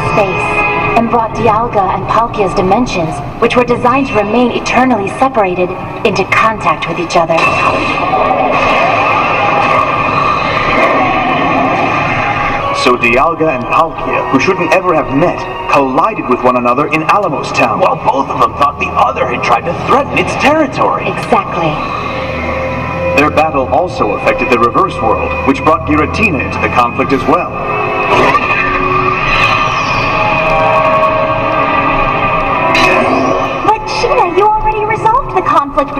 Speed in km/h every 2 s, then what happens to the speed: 80, 70, 60, 49, 39, 25, 17, 12, 16, 23, 30, 37, 43, 48, 49, 47, 45, 39.
0-13 brakes to 12. 15-26 speeds up to 48. 26-31 steady at about 48. 31-36 slows to 39.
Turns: 14-21.